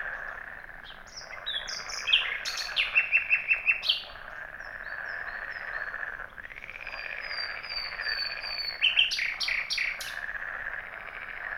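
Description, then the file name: Common nightingale song in loud bursts: high thin whistles, a quick series of repeated sharp notes and a later chattering phrase, over a steady background noise. "Luscinia megarhynchos"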